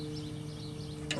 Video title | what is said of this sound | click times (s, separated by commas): 1987 F150 i6 Fan Clutch, Cam Timing Gear Replace Part III | I can feel it locking in, it just sort of snaps into place. | 1.1 s